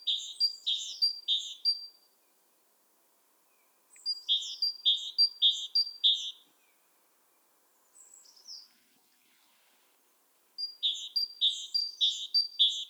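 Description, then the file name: Great tit producing three bouts of rapid, ringing two-note phrases, with a faint short phrase between the second and third bouts and quiet surroundings. "Parus major"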